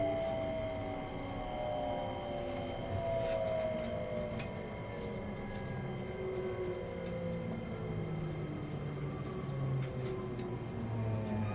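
A vehicle's running sound: a steady, dense low rumble that holds an even level throughout. Several whining tones glide slowly up and down above it, with a thin constant high tone and occasional faint clicks and rattles, more around the 3–4 and 9–11 second marks.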